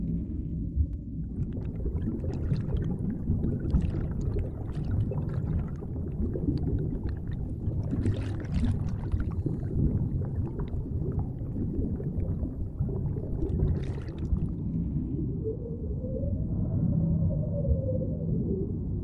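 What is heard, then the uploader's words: Whale sounds underwater: a dense, steady low rumble fills the whole clip, with brief brighter clicks and crackles scattered through the middle. Near the end, a slow rising and falling moan swells over the deep background, then fades. Whale Sounds Underwater. Nonstop relaxing deep sea underwater sounds.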